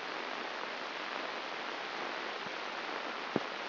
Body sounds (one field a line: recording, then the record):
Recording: brain microelectrode recording played as sound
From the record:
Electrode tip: inside the subthalamic nucleus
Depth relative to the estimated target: 3 mm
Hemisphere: left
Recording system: AlphaMap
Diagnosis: Parkinson's disease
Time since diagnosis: 19 years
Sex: male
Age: 59 years